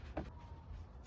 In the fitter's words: I don't know if that cap's gonna go on or not. I can't seem to get it to snap into place.